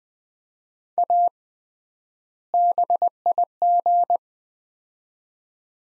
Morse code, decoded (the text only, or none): A BIG